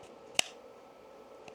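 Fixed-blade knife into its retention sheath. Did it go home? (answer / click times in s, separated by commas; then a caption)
yes / 0.4 s. A fixed-blade knife is slid into its retention sheath close to the microphone, and a sharp, bright click at 0.4 s shows it seating. A much fainter tick follows at 1.5 s against a quiet, steady background. No one talks.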